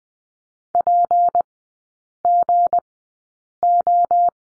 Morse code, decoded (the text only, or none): PGO